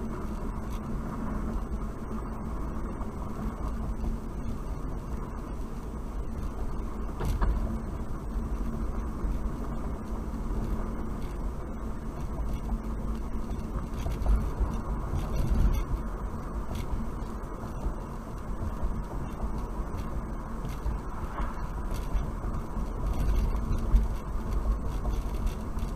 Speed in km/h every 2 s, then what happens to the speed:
47, 48, 48, 48, 48, 50, 52, 52, 50, 52, 50, 50, 50.
0-26 steady at about 50.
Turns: none.